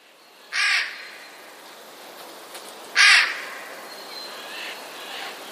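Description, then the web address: Eurasian jay harsh rasping screeches, two broad noisy bursts about two and a half seconds apart. Alarm call; recorded 5 March 2016. "ostrzegator sojka 05 03 2016"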